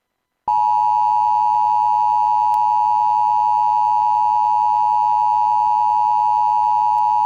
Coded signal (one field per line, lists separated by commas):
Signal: Emergency Alert System (SAME) tones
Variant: 853 and 960 Hz attention tone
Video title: More Rare Relays! - "Central" Illinois EAS Required Monthly Tests (WILL-AM [2003-2005 + 2001 Bonus])